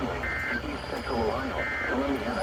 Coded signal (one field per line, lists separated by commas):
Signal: Emergency Alert System (SAME) tones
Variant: end-of-message bursts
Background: speech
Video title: EAS 4318-4320: Required Weekly Tests From 07/05/23